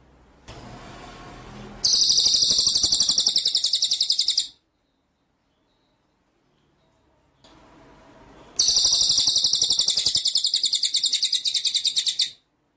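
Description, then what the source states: White-rumped shama song: two bursts of rapid, high, rattling rolled trill, each a few seconds long, over a faint hiss, separated by silence. Masteran training song in rolling, shooting style (ngerol nembak).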